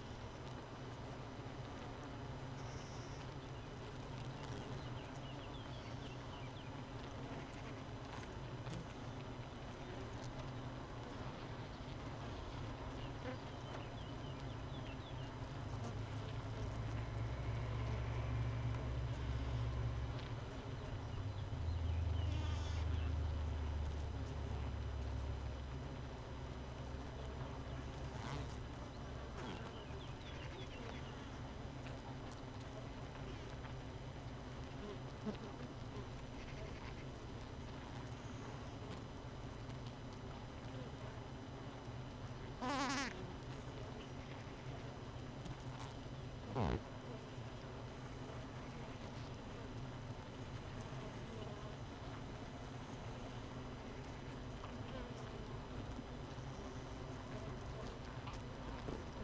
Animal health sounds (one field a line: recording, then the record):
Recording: honeybee colony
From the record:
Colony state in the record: missing queen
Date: 31 May 2018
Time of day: 5:33